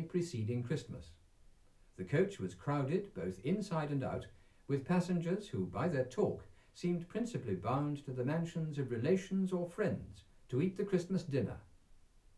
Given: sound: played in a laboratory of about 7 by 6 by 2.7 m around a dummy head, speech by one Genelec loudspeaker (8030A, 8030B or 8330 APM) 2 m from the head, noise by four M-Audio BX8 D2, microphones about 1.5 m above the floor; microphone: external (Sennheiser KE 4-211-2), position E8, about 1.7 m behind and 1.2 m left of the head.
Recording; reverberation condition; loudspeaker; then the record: male speech in English; low; 60 degrees to the right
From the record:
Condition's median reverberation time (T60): about 310 ms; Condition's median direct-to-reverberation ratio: about 3.5 dB